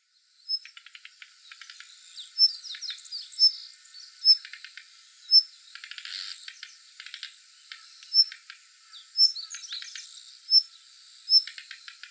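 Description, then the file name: Daurian redstart calls: thin, high whistled notes repeated at short, uneven intervals, mixed with soft dry ticking notes. Recorded at Kuroda, Hyogo, Japan, on 8 August 2016. "jobitakic 160808 hyogo kuroda"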